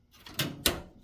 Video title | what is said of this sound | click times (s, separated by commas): How to take apart and teardown a Gateway DX4870 desktop PC | Actually mostly locks in. | 0.4 s, 0.7 s